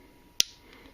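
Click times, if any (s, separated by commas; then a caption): 0.4 s. A takedown pin on a Kel Tec PF9 pistol is pushed into the frame until its bottom hooks over the retaining spring. A single sharp click at 0.4 s marks it jumping over the spring, followed by a faint tick near 0.7 s. The pin is seated.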